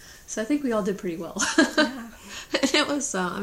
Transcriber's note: laughs